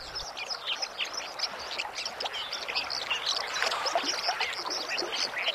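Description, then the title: White-throated Dipper song, a dense stream of high scratchy chirps and twitters given rapidly and continuously over the steady hiss of rushing water. Both male and female sing to announce their winter territory along flowing water. "Viikon luontoääni: Koskikara"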